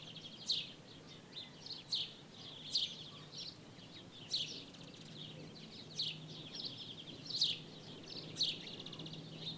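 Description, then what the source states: Birds giving loud sharp chirps at irregular intervals, with softer buzzy trills between and a low hum underneath. Birds in daytime ambience in Jerez, Spain.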